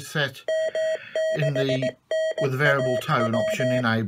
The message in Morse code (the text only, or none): M6NAW